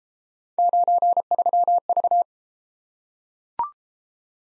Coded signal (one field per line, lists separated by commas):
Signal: Morse code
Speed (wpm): 32 wpm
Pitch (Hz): 700 Hz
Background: none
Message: 93V